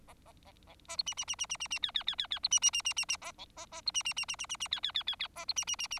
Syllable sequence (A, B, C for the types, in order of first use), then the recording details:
A A A B A C D D D D D D D E E E E E C D D D D D D A B A A C D D D D D D D E E E E E A C D D D D. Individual Bird4